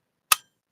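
A folding knife blade is flicked open and its lock snaps into place in the handle, giving one sharp, bright click at 0.3 s that fades out by about 0.4 s. The blade is locked open.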